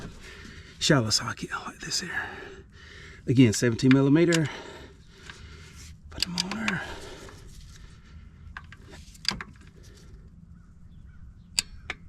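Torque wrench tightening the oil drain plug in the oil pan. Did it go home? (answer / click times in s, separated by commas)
yes / 9.3 s, 11.6 s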